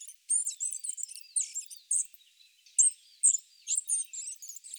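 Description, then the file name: Spotted flycatcher uttering rapid high sharp chips and short descending squeaks in quick, uneven succession. Recorded in Sardinia. "GOBE MOUCHE GRIS ORIGINAL SARDE"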